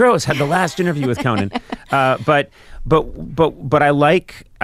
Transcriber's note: laughter